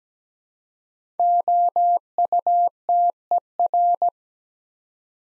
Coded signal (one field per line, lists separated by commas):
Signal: Morse code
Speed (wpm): 17 wpm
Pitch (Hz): 700 Hz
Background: none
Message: OUTER